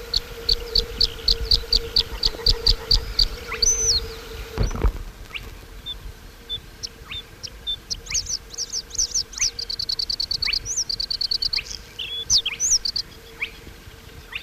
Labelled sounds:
Bluethroat (Luscinia svecica) song
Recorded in the wild
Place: Sandeck, AT
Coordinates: 47.7364, 16.7706
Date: 1964-05-18 19:45
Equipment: Uher Report 4000, AKG D190
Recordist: Krey, Winfried

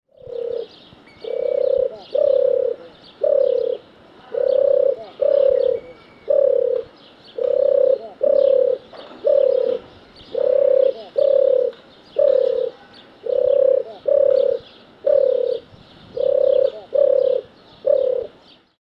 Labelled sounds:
European Turtle Dove (Streptopelia turtur)
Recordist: Tembrock, Günter
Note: Balzfolge

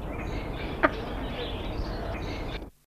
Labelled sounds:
Temminck's Tragopan (Tragopan temminckii) call
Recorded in captivity
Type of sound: call
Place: Zoo Augsburg, Bayern, DE
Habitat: river
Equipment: Halbspur, 9,5 cm/s
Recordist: Lütgens, Hans
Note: Rufe

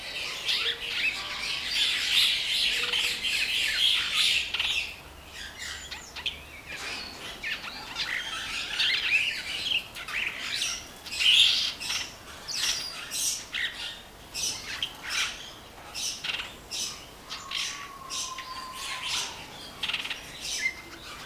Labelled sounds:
Yellow-winged Pytilia (Pytilia hypogrammica) song
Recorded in captivity
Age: adult
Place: Zoo Berlin, Berlin, DE
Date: 1997-12-23
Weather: overcast, hazy, ca. 0-2°C
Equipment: Nagra SN, Kopie Uher 4000 Report Monitor
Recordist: Tembrock, Günter

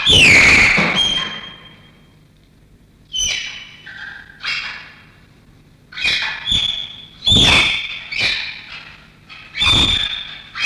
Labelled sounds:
Malayan Tapir (Tapirus indicus) call
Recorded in captivity
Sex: group
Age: adult
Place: Tierpark Berlin, Berlin, DE
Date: 1966-06-02
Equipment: Englisches Reportergerät, Kopie Tesla Uran
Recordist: Altmann, Dagmar

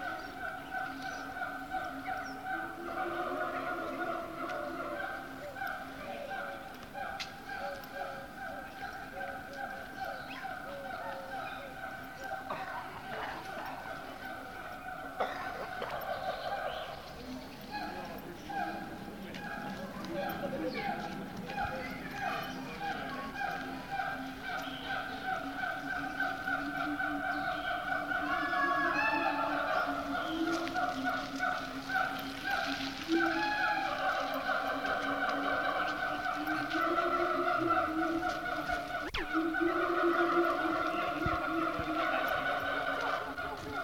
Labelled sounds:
Siamang (Symphalangus syndactylus)
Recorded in captivity
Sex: diverse
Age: diverse
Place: Zoo Dresden, Sachsen, DE
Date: 1986-09-10 13:30
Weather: sonnig, 18°C
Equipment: Nagra SN, Kopie Uher 4000 Report Monitor
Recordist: Tembrock, Günter

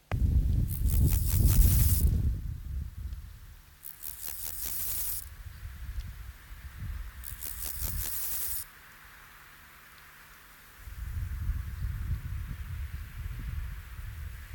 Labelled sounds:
Steppe Grasshopper (Chorthippus dorsatus) stridulation
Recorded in the wild
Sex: male
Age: imago
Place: Treuchtlingen, Heumöderntal, Bayern, DE
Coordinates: 48.96, 10.91
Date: 1993-09-05 15:45
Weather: 14°C, wechselhaft
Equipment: Marantz CP 430, Sennheiser MKH 416 T, Kopie Uher Variocord 263
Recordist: Tembrock, Günter
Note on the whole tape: Spontangesang

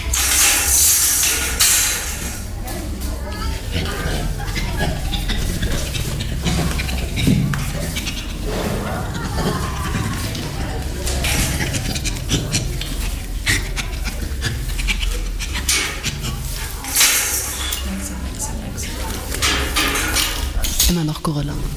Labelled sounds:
Bonobo (Pan paniscus)
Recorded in captivity
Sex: male
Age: juvenile
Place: Tiergarten Wilhelma/Stuttgart, Baden-Württemberg, DE
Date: 1996-09-21 14:15
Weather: sunny, 16°C
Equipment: Sony MD-WM MZ-R3, Sennheiser ME 80, Kopie Uher 4000 Report Monitor
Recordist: Wendland-Tembrock, Sylvia

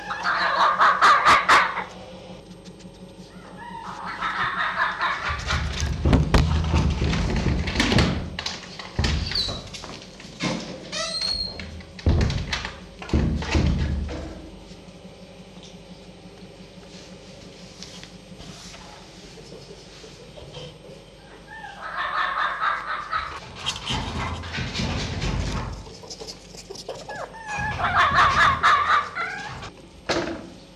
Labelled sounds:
Red Fox (Vulpes vulpes)
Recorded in captivity
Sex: diverse
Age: diverse
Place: Zoologisches Institut der HUB, Berlin, DE
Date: 1956-05-19 14:15
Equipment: Elmetra
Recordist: Tembrock, Günter
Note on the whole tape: Molly-Welpe Weibchen: Winseln - Bellserie; Molly (mit Welpen): Muffen ohne Fleisch; Molly-Welpe Männchen: Bellserie; Molly: Muffen ohne Fleisch (die winselnden Laute hinter der geschlossenen Tür, die reinen Mufflaute direkt bei dem Welpen); Molly-Welpe Männchen: Muffen ohne Fleisch - Bellserie, Molly: Muffen ohne Fleisch; Molly-Welpe Weibchen: Winseln - Bellserie; Molly-Welpe Weibchen: Bellserie, Muffen ohne Fleisch

